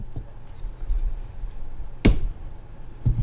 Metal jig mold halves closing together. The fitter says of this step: kind of want to hear that snap whenever you close it